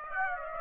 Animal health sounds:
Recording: mosquito wingbeat signal from an infrared sensor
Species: Aedes aegypti

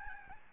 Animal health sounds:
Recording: mosquito wingbeat signal from an infrared sensor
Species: Aedes albopictus

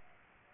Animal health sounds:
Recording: mosquito wingbeat signal from an infrared sensor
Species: Aedes aegypti

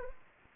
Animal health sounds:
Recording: mosquito wingbeat signal from an infrared sensor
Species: Anopheles arabiensis

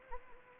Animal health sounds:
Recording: mosquito wingbeat signal from an infrared sensor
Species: Anopheles arabiensis

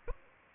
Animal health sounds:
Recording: mosquito wingbeat signal from an infrared sensor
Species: Aedes aegypti

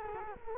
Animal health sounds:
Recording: mosquito wingbeat signal from an infrared sensor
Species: Culex quinquefasciatus

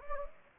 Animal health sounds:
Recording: mosquito wingbeat signal from an infrared sensor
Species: Anopheles gambiae

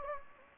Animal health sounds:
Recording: mosquito wingbeat signal from an infrared sensor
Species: Anopheles gambiae

